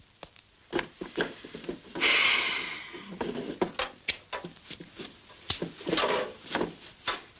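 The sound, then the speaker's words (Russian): A wooden chair scrapes and knocks as it is dragged and shifted to give a woman a seat, with a long rasping slide followed by a series of sharp wooden clunks and bumps. “Дай ей стул.”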